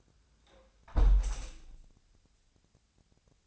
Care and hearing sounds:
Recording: daily activity, microphone in the room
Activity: close window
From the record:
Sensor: 2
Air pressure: 1000.3 hPa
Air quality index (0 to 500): 143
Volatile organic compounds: 2 ppm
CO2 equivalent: 1189 ppm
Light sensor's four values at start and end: 11/30/12/13 and 11/30/11/13

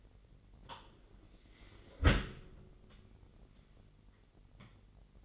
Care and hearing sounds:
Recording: daily activity, microphone in the room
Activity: close dishwasher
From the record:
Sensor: 4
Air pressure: 999.0 hPa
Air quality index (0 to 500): 123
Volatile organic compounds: 2 ppm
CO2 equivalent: 1211 ppm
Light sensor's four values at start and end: 8/18/7/8 and 7/18/7/7

